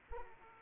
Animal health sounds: mosquito wingbeat signal from an infrared sensor; Aedes aegypti

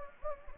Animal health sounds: mosquito wingbeat signal from an infrared sensor; Anopheles gambiae

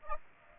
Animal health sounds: mosquito wingbeat signal from an infrared sensor; Aedes aegypti

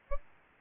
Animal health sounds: mosquito wingbeat signal from an infrared sensor; Aedes albopictus

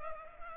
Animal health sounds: mosquito wingbeat signal from an infrared sensor; Culex pipiens

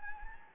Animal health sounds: mosquito wingbeat signal from an infrared sensor; Anopheles gambiae

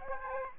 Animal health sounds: mosquito wingbeat signal from an infrared sensor; Aedes aegypti

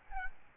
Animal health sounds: mosquito wingbeat signal from an infrared sensor; Aedes albopictus

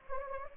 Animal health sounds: mosquito wingbeat signal from an infrared sensor; Anopheles gambiae

